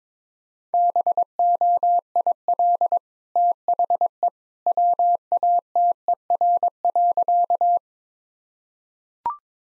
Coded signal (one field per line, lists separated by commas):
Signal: Morse code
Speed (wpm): 22 wpm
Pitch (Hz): 700 Hz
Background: none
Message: BOIL THE WATER.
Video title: Easy Sentences with Hints - 22wpm